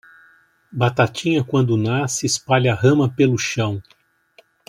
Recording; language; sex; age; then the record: short text; Brazilian Portuguese; male; 60 to 69 years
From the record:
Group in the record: control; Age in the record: 61 years